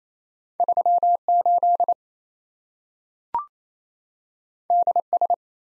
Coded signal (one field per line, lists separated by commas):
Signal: Morse code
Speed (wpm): 27 wpm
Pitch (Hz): 700 Hz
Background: none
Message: 38 DS